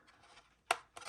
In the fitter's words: there you go little click this